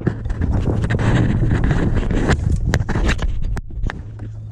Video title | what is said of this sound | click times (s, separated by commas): ShiftPower Full Race Unit Install (2008-2010 ZX10R) | That's that click you want to hear. | 2.7 s